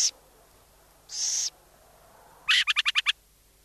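Burrowing owl making two harsh hissing rasps, then a quick chattering run of about six clipped screechy notes.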